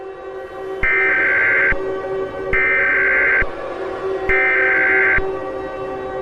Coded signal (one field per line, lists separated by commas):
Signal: Emergency Alert System (SAME) tones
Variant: header bursts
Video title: Total Meltdown 3: The National Disaster (EAS Scenario)